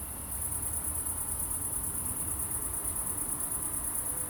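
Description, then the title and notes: Cricket trilling starts after a moment's quiet and continues unbroken and high-pitched, over a faint low rumble. Crickets at night in Aveize, France, with a few cars in the distance; recorded with a DPA-2006c AB pair into a Mixpre-3. "69610 Aveize, France - Grillons - Crickets. Grillons la nuit, quelques voitures dans le lointain. Crickets at night, cars in the distance"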